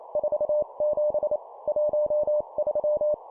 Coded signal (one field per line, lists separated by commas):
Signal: Morse code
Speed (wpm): 28 wpm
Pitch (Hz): 600 Hz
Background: none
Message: 47 13